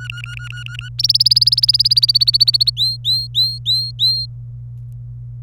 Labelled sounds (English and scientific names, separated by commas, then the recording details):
Domestic Canary (Serinus canaria) song
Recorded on 27 April 2018 at 15:24
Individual llb3